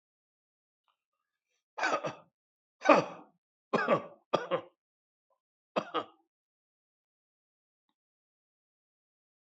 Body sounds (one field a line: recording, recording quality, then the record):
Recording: shallow voluntary cough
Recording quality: excellent, no background noise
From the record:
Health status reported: healthy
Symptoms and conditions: hypertension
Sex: male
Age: 55 years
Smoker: not ticked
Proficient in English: yes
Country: India